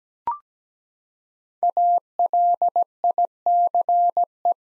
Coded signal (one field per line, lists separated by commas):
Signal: Morse code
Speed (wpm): 17 wpm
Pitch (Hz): 700 Hz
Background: none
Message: ALICE